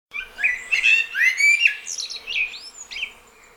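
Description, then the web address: Eurasian blackbird singing fluty, slurred phrases that climb into high, scratchy twittering near the end, against a quiet background. "SETE data Turdus merula"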